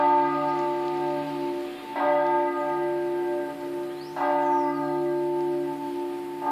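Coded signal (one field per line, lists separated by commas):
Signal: bell signal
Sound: a single church bell swinging, about four strong rings with long ringing hum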